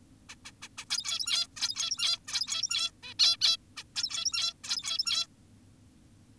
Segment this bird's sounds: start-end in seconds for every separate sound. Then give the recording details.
0.29-0.36, 0.45-0.52, 0.62-0.68, 0.78-0.85, 0.90-1.48, 1.57-2.19, 2.28-2.91, 3.03-3.14, 3.19-3.37, 3.41-3.57, 3.77-3.84, 3.96-4.54, 4.64-5.27. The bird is an adult. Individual g17y2U